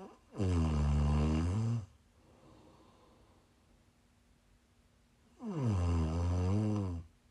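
ASMR snoring from an adult sleeper: two loud, low rattling snores about four seconds apart, each lasting over a second, with quiet breathing between.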